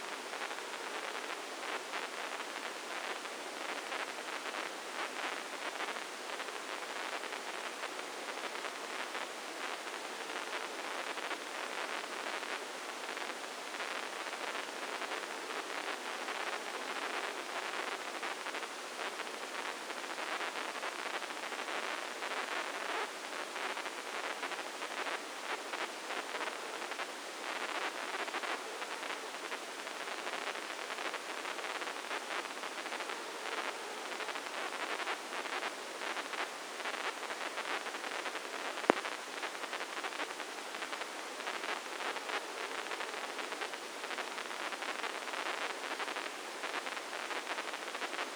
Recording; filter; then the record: brain microelectrode recording played as sound; spike band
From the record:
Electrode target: subthalamic nucleus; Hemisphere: left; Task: reaching with the right hand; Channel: 1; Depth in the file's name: 2.062 mm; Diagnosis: Parkinson's disease